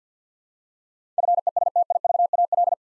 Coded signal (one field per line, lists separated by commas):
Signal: Morse code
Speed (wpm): 50 wpm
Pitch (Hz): 700 Hz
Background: none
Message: FESTIVAL